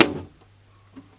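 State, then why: Seated. A plastic part is pressed into its slot on a white ABS miniature carrying case and clicks into place with a sharp click at 0.0 s. The part is seated, and the click is a satisfying one. A faint low hum continues after it, with a soft tap near 1.0 s.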